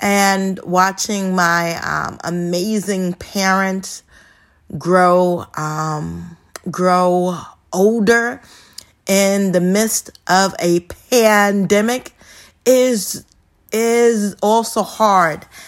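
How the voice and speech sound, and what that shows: An adult woman who stutters speaks in short bursts broken by pauses. She repeats whole words ("grow… um… grow", "is… is") and stretches opening sounds like "and", "in" and "is". These repetitions and prolongations are typical disfluencies of stuttering.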